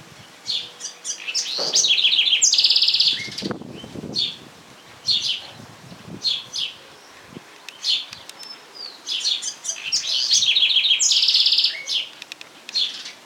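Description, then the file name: Wren song, two bursts of rapid bubbling chatter ending in a fast buzzy trill, about eight seconds apart, with scattered soft chips and faint low thumps between. "ratona voz"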